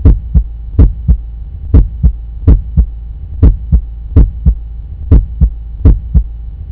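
Regular paired lub-dub heartbeats at about 70 beats a minute, over a steady low background hum.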